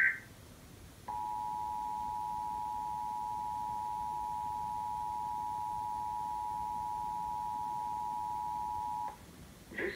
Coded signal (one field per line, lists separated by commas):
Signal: Emergency Alert System (SAME) tones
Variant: 853 and 960 Hz attention tone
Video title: WEDH (PBS CPTV Hartford Connecticut) EAS Required Monthly Test 6-5-2019 12:39 AM